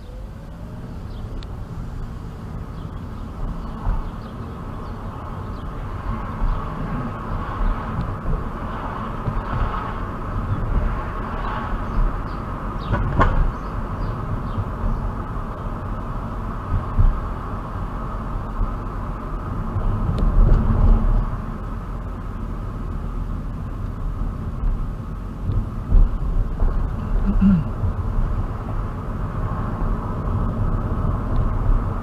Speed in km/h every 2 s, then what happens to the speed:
8, 11, 19, 27, 34, 35, 34, 34, 35, 32, 31, 29, 24, 26, 29, 34.
0-8 speeds up to 34. 8-17 steady at about 34. 17-25 slows to 24. 25-32 speeds up to 34.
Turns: 21-28.